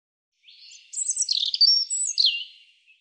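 European robin song: a thin, high introduction swelling into a fluid run of whistled and warbled notes, with a long sweeping whistle near the end.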